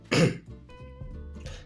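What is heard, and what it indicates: One short, harsh cough or throat-clear from an adult man, then a faint steady hum; a lingering cough after a recent asymptomatic COVID-19 infection, brought on by talking after a period of not speaking much.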